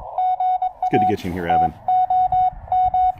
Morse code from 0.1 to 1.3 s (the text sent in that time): GA